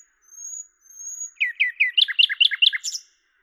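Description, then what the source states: Common nightingale song: two long, pure high whistles, then a quick series of repeated down-slurred chuckling notes ending in a high flourish. Recorded at Lavours, France, on 10 May 1998 with a Tascam DAP-1 and Télingua microphone, edited in Samplitude 5.1.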